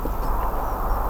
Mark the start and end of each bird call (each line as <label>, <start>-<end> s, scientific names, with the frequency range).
Anthus trivialis (4.8-6.2 kHz), 0.62-0.98 s